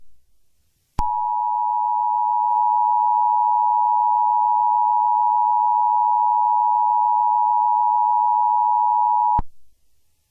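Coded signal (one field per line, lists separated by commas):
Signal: Emergency Alert System (SAME) tones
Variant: 853 and 960 Hz attention tone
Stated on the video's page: Fictional tornado outbreak scenario, simulated alert.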